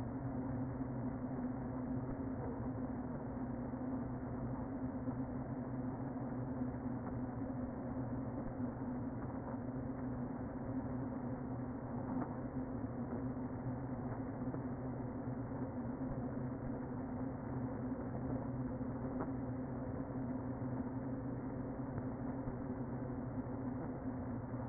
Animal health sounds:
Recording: honeybee colony, microphone inside the hive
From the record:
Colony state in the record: queen present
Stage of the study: before two queens were removed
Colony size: about 60,000 bees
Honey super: yes

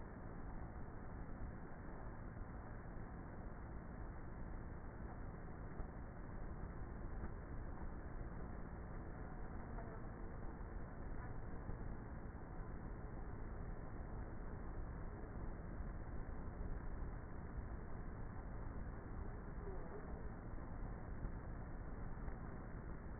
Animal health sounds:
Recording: honeybee colony, microphone inside the hive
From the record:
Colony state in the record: queenless with a low population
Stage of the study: before two queens were removed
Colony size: about 30,000 bees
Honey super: no

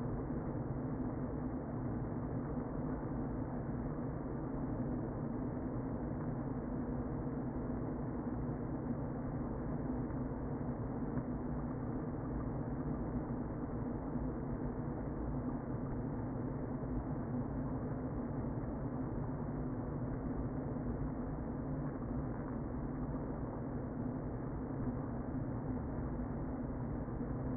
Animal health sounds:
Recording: honeybee colony, microphone inside the hive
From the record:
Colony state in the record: queen present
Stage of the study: before two queens were removed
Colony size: about 60,000 bees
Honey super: yes

